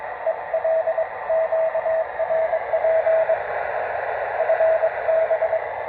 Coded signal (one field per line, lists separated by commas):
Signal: Morse code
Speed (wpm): 22 wpm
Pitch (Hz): 650 Hz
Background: radio noise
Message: EL QRP FB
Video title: PY3DU E SEU QRP CHEGA BEM LONGE #py1ax